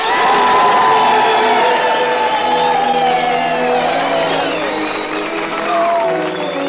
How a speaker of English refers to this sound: And now, how about some well-deserved whistles, cheers, and applause for the Dean of American Music, ….